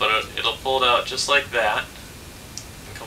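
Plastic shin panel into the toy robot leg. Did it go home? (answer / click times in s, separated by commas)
yes / 2.6 s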